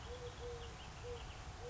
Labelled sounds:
Eurasian Collared Dove (Streptopelia decaocto)
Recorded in Sonoma County, California

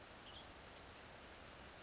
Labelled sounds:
Western Tanager (Piranga ludoviciana)
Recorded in Sonoma County, California

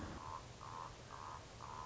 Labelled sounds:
Common Raven (Corvus corax)
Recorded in Sonoma County, California

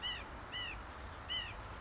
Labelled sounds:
White-breasted Nuthatch (Sitta carolinensis)
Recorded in Sonoma County, California

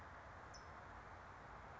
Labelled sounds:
California Towhee (Melozone crissalis)
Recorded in Sonoma County, California

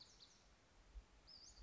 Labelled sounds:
Western Flycatcher (Empidonax difficilis)
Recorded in Sonoma County, California

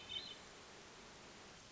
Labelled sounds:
Hermit Thrush (Catharus guttatus)
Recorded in Sonoma County, California

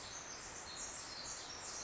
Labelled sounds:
Pacific Wren (Troglodytes pacificus)
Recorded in Sonoma County, California

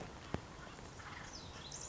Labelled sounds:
Acorn Woodpecker (Melanerpes formicivorus)
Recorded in Sonoma County, California

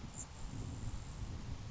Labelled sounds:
Grasshopper Sparrow (Ammodramus savannarum)
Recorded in Sonoma County, California

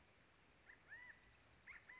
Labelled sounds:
California Quail (Callipepla californica)
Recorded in Sonoma County, California

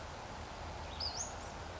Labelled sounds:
Western Flycatcher (Empidonax difficilis)
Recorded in Sonoma County, California

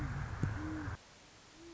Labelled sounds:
Great Horned Owl (Bubo virginianus)
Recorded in Sonoma County, California

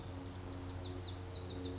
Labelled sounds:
Lazuli Bunting (Passerina amoena)
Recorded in Sonoma County, California

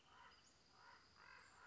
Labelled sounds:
Western Flycatcher (Empidonax difficilis)
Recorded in Sonoma County, California

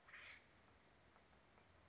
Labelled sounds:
Acorn Woodpecker (Melanerpes formicivorus)
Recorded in Sonoma County, California

